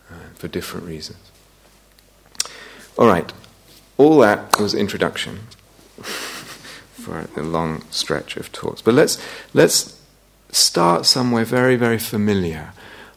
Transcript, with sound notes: for different reasons. All right. All that was [laughs] for a long stretch of talks. But let's start somewhere very, very familiar.